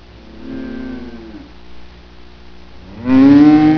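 Cow mooing: a low harmonic moo fades out, then a louder, rising moo starts near the end, with a steady low hum behind.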